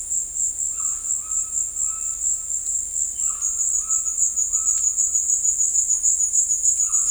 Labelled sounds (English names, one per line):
Violaceous Jay